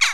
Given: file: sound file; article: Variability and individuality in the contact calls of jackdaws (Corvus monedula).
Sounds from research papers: jackdaw call; harmonic

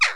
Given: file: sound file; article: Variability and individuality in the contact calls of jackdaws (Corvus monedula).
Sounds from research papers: jackdaw call; harmonic

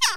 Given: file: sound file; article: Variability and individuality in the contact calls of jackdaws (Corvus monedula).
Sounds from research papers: jackdaw call; harmonic

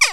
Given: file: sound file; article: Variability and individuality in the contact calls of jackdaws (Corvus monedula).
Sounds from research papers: jackdaw call; harmonic

